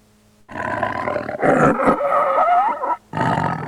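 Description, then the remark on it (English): A tiger at a zoo roars loudly in one long, rough, rumbling roar with a rising strained tone, then breaks off briefly before a second roar begins. “Number three is tiger.”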